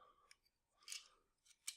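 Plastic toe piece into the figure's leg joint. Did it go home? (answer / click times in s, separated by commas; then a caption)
yes / 1.7 s. The plastic toes of a Transformers Titans Return action figure from the Octone and Murk set are folded out and down into the leg joint. Faint plastic ticks and a brief rustle come first, then a sharp click at 1.7 s as the toe piece seats in place.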